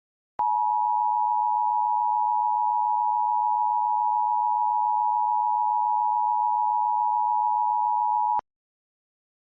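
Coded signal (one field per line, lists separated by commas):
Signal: Emergency Alert System (SAME) tones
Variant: 853 and 960 Hz attention tone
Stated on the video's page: Recreation of a distorted Required Monthly Test using valid EAS tones.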